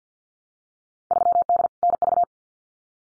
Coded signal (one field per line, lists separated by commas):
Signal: Morse code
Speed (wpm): 50 wpm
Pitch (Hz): 700 Hz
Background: none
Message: 3D NV